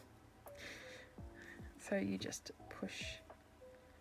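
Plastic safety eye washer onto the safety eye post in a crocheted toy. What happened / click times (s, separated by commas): Small plastic washer positioned on its post, not yet pushed home / none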